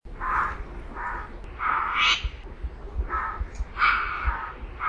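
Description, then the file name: Laughingthrush song: a run of hoarse, mid-pitched hooting notes well under a second apart, some rising into higher harsh bursts, over a steady low hum. Therapy audio for a laughingthrush that has stopped singing. "terapi poksay macet"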